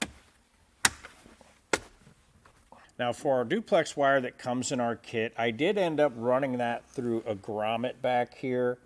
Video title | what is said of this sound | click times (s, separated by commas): Installing the etrailer Fuse Bypass Kit for RVI Shadow 2 Brake System on a 2024 Ford Bronco | we'll go ahead and push our panel back up and get it clicked back into place. | 0.9 s, 1.7 s